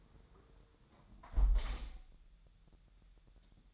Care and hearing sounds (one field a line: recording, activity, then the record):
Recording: daily activity, microphone in the room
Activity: close window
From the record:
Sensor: 3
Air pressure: 999.9 hPa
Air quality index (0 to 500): 229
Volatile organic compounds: 105 ppm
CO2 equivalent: 3786 ppm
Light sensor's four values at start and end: 10/23/9/9 and 9/22/9/9